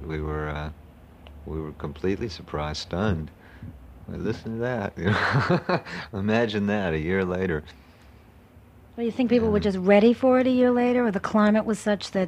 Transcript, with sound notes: We were completely surprised, stunned. 'Listen to that.' [laughs] Imagine that a year later.
Do you think people were just ready for it a year later or the climate was such that...